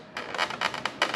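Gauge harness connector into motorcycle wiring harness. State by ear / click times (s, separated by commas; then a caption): seated / 1.0 s. The final plastic wiring harness connector for Dakota Digital gauges is pushed home into the gauge wiring harness on a Harley-Davidson Street Glide motorcycle, with bursts of plastic rubbing and scraping. A sharp click at 1.0 s marks the connector seating fully, leaving the harness good to go.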